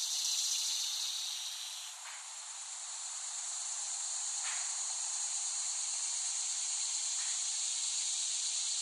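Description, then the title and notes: Cicada chorus giving a loud, dense, high-pitched buzz that sags briefly, then holds steady, with a few sharp clicks at intervals. Cicadas recorded by Dan Bodah in West Brighton, Staten Island, in late summer 2008. "Recording of cicadas made by Dan Bodah in West Brighton, Staten Island, late summer 2008."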